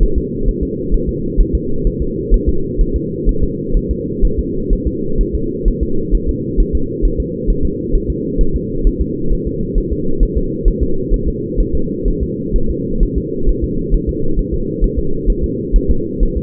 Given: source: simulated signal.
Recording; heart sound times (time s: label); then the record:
fetal heart sounds
0.03 s: S1
0.18 s: S2
0.48 s: S1
0.63 s: S2
0.94 s: S1
1.09 s: S2
1.41 s: S1
1.55 s: S2
1.87 s: S1
2.02 s: S2
2.34 s: S1
2.49 s: S2
2.81 s: S1
2.96 s: S2
3.29 s: S1
3.44 s: S2
3.77 s: S1
3.91 s: S2
4.25 s: S1
4.39 s: S2
4.73 s: S1
4.87 s: S2
5.21 s: S1
5.35 s: S2
5.68 s: S1
5.83 s: S2
6.15 s: S1
6.29 s: S2
6.60 s: S1
6.75 s: S2
7.05 s: S1
7.20 s: S2
7.50 s: S1
7.65 s: S2
7.95 s: S1
8.10 s: S2
8.41 s: S1
8.56 s: S2
8.87 s: S1
9.02 s: S2
9.33 s: S1
9.47 s: S2
9.78 s: S1
9.93 s: S2
10.23 s: S1
10.38 s: S2
10.68 s: S1
10.83 s: S2
11.14 s: S1
11.28 s: S2
11.60 s: S1
11.75 s: S2
12.08 s: S1
12.23 s: S2
12.56 s: S1
12.70 s: S2
13.03 s: S1
13.18 s: S2
13.49 s: S1
13.64 s: S2
13.94 s: S1
14.09 s: S2
14.39 s: S1
14.54 s: S2
14.84 s: S1
14.99 s: S2
15.30 s: S1
15.44 s: S2
15.76 s: S1
15.91 s: S2
16.23 s: S1
16.37 s: S2
From the record:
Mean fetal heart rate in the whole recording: 130 bpm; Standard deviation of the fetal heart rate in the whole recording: 4 bpm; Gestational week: 38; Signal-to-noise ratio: -8.1 dB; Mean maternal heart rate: 72 bpm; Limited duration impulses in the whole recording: absent